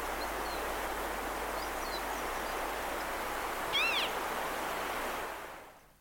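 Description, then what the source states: Marsh harrier giving a single mewing, wavering display note over a constant background hiss, before the recording fades out. Given during display.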